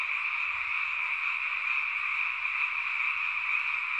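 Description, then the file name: Frogs calling in a continuous chorus, a steady dense wash of overlapping croaks that never pauses. "kaeru"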